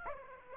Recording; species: mosquito wingbeat signal from an infrared sensor; Aedes aegypti